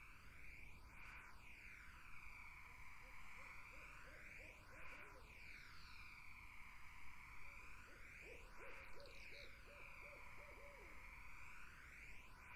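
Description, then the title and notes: Barred owl hoots come in two bouts, a softer run around four seconds and a longer, stronger chain near nine seconds, over a droning background throughout. Barred owls in a summer wetland. "Barred Owls in a Summer Wetland. The Wild Life"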